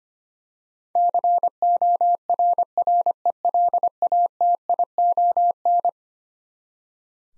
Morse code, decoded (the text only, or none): CORRELATION